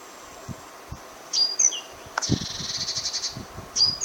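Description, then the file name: Great tit churring call: a quick thin note, then a harsh buzzy rattle of rapid pulses lasting over a second, followed by another thin high note. "Parus major"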